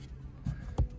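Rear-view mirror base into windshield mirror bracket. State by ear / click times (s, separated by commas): seated / 0.8 s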